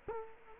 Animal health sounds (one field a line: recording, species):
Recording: mosquito wingbeat signal from an infrared sensor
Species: Culex quinquefasciatus